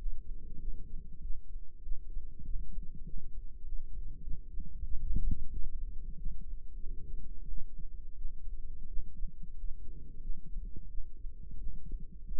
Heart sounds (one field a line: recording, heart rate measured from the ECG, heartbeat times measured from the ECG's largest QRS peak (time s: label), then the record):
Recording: heart sounds by microphone in the right ear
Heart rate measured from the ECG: 93 bpm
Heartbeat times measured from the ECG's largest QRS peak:
0.58 s: heartbeat
1.20 s: heartbeat
1.81 s: heartbeat
2.43 s: heartbeat
3.03 s: heartbeat
3.62 s: heartbeat
4.21 s: heartbeat
4.83 s: heartbeat
5.49 s: heartbeat
6.15 s: heartbeat
6.78 s: heartbeat
7.46 s: heartbeat
8.15 s: heartbeat
8.86 s: heartbeat
9.53 s: heartbeat
10.19 s: heartbeat
10.87 s: heartbeat
11.56 s: heartbeat
12.21 s: heartbeat
From the record:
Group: healthy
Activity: rest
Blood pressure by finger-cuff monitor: 116/63 mmHg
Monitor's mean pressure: 82 mmHg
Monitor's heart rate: 94 bpm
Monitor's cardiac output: 8.7 L/min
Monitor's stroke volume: 93 mL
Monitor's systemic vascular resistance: 670 dyn s/cm5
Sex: female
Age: 26 years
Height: 165 cm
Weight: 55 kg